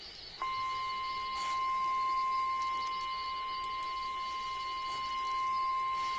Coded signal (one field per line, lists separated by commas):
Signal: Emergency Alert System (SAME) tones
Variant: 1050 Hz attention tone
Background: speech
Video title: Real EAS #258 - Severe Thunderstorm Warning